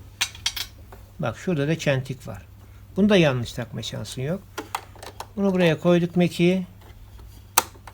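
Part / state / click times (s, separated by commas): bobbin case into sewing machine hook assembly / seated / 7.6 s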